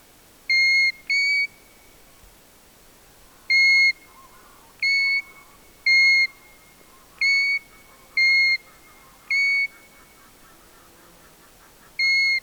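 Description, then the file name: European golden plover giving a series of pure, plaintive whistled notes at irregular intervals, with faint bird chatter in the background. "ljungpipare Pluvialis apricaria"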